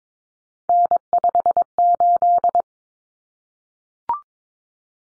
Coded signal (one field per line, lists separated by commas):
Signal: Morse code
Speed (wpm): 22 wpm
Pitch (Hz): 700 Hz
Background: none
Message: N58